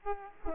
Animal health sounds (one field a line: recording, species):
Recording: mosquito wingbeat signal from an infrared sensor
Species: Aedes aegypti